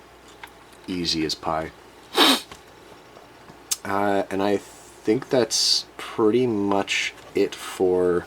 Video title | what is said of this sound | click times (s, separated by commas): Hobby Design HD03-0530 1/24 LB-Works Ferrari F430 Detail Up Set - Part 4 | the two mounting lugs on the rear bumper here snap right into place easy | 0.4 s